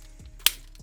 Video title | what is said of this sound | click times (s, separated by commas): The FIRST EVER 3rd Party Combiner….Still holds up - #transformers TFC Toys Hercules\Devastator | you bring this up and this needs to click into place so listen | 0.5 s